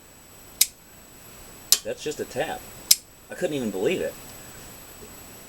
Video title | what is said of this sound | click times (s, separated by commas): Kershaw FAIL!! | you can hear it locking open | 0.6 s